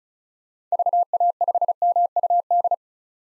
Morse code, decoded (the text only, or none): VA5MUD